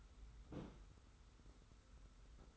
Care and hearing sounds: daily activity, microphone in the room; place on stove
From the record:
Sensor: 3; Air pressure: 990.9 hPa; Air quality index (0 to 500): 101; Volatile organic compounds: 35 ppm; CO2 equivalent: 3054 ppm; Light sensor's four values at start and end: 45/124/51/44 and 45/124/51/44

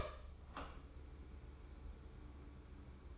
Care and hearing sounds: daily activity, microphone in the room; open door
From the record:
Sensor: 1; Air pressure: 1015.2 hPa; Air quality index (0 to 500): 125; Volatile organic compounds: 5 ppm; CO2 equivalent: 1705 ppm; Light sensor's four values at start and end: 14/33/14/15 and 14/33/14/15

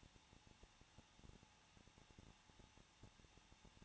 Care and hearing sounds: daily activity, microphone in the room; no activity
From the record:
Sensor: 1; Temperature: 20.1 degrees Celsius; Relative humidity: 39.3%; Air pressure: 1006.3 hPa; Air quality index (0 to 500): 218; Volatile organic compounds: 80 ppm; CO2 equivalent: 3603 ppm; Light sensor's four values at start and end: 1/2/1/1 and 1/2/1/1

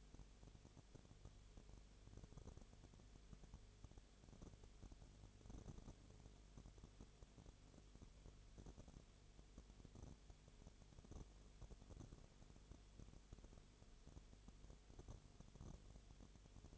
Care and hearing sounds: daily activity, microphone in the room; no activity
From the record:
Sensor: 4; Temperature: 22.0 degrees Celsius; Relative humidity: 29.5%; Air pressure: 1002.1 hPa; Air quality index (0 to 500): 59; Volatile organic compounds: 1 ppm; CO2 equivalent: 607 ppm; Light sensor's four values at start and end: 2/3/1/1 and 2/3/1/1

